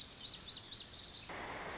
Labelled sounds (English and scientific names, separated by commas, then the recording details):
Lazuli Bunting (Passerina amoena)
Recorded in Sonoma County, California